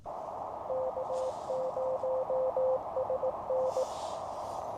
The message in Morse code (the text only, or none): K0SN